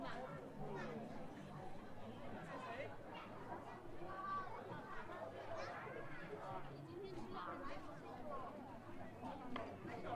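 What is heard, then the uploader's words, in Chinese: Crowd chatter at Hongyadong in Chongqing, many voices talking at once in a dense, steady murmur for the full ten seconds. Individual words surface briefly over the mass, with a low hum underneath and occasional brighter calls rising from the crowd. 重庆洪崖洞。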